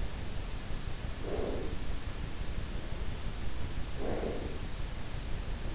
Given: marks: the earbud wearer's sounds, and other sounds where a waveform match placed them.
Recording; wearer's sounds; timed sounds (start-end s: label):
sounds in sleep by an in-ear microphone; breath
0.98-1.95 s: breath
3.77-4.85 s: breath